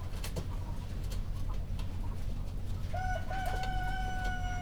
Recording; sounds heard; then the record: poultry house recording; healthy chickens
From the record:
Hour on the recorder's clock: 1